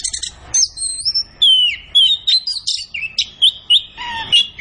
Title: Anis Kembang Gacor. Kicau Mania Masteran Anis Kembang